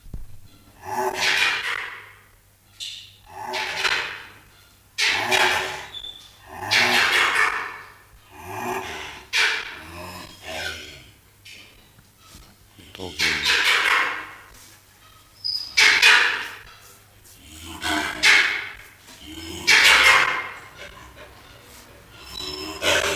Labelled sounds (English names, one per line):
Malbrouck call